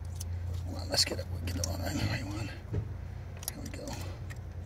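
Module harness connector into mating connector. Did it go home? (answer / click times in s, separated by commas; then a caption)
yes / 3.5 s. On a Duramax LML module install for fuel mileage, the module's harness connector is pushed into its mating connector with the clip facing up while someone talks. A sharp snap at 3.5 s marks the connector seating home, among a few lighter clicks.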